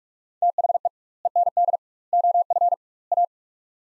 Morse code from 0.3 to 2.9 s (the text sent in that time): THE END OF